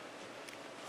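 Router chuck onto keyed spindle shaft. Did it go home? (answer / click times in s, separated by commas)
no / none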